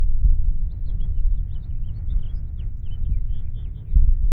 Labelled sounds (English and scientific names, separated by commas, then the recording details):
House Finch (Haemorhous mexicanus) song
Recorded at Babylon on Long Island, New York, on 21 May 1975
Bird A